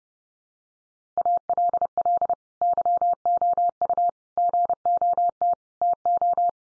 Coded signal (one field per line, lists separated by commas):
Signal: Morse code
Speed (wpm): 30 wpm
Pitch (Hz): 700 Hz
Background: none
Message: ALL YOU GOT TO